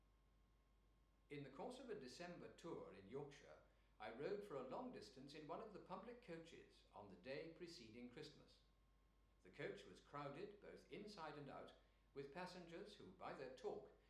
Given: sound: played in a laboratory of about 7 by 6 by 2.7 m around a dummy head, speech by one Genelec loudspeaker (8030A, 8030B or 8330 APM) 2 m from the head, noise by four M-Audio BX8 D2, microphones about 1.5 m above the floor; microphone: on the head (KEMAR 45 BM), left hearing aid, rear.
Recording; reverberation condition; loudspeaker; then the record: male speech in English; medium; 90 degrees to the left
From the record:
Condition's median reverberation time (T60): about 510 ms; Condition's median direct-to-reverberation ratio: about -0.5 dB